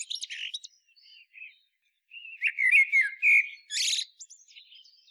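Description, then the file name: Common blackbird song fragments: thin high twitters, then a mellow warbled phrase ending in a burst of scratchy high notes. "Turdus merula"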